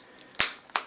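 The plastic screen-protector front piece of a phone case is pressed onto a Samsung Galaxy S3 smartphone. Two sharp clicks are heard at 0.4 s and 0.8 s, and the piece snaps into place on the front.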